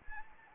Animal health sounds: mosquito wingbeat signal from an infrared sensor; Anopheles arabiensis

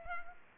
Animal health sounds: mosquito wingbeat signal from an infrared sensor; Culex quinquefasciatus

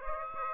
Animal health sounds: mosquito wingbeat signal from an infrared sensor; Aedes aegypti

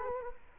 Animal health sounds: mosquito wingbeat signal from an infrared sensor; Culex quinquefasciatus

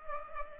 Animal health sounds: mosquito wingbeat signal from an infrared sensor; Culex pipiens

